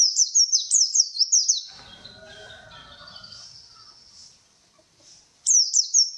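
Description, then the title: White-eye song, a fast string of high falling notes that stops abruptly, followed by quieter muffled sounds and a final short twittering burst. Song style given the local names ngalas and ngeroll. "Kumpulan Pleci Ngalas Ngeroll"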